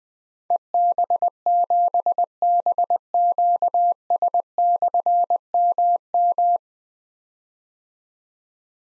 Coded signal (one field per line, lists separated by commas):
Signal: Morse code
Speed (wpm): 20 wpm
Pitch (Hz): 700 Hz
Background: none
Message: EB7BQS/MM